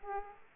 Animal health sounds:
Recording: mosquito wingbeat signal from an infrared sensor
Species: Aedes aegypti

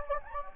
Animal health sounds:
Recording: mosquito wingbeat signal from an infrared sensor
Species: Anopheles gambiae

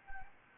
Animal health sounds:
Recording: mosquito wingbeat signal from an infrared sensor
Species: Anopheles gambiae

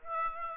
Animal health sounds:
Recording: mosquito wingbeat signal from an infrared sensor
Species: Aedes aegypti

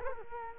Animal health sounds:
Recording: mosquito wingbeat signal from an infrared sensor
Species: Culex quinquefasciatus

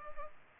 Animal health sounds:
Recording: mosquito wingbeat signal from an infrared sensor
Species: Culex pipiens

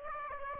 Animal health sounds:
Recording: mosquito wingbeat signal from an infrared sensor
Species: Aedes aegypti

